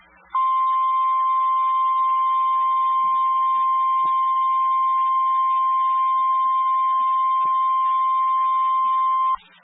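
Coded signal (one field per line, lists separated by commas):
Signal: Emergency Alert System (SAME) tones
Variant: 1050 Hz attention tone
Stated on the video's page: Severe Thunderstorm Warning on weather radio station WXL23 from Rapid City.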